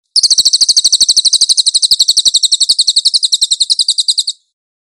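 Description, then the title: Pygmy Bushtit song, a shrill rapid trill of many quick repeated notes held for about four seconds, with silence before and after. "SUARA BURUNG CILILIN"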